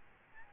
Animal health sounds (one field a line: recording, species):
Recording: mosquito wingbeat signal from an infrared sensor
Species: Aedes albopictus